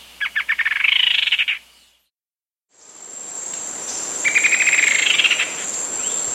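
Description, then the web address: Rufous-winged antwren giving two fast, dry rattling trills, each lasting a second or so, the second with a steady high whine behind it. South America. "Natures Songs S America Rufous-Winged Antwren"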